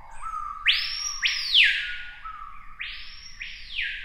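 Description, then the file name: Screaming piha gives two piercing whistled screams, each starting with a low steady note, then leaping sharply up and gliding down in a loud sweeping phrase. "piha bird scream"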